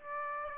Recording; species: mosquito wingbeat signal from an infrared sensor; Aedes aegypti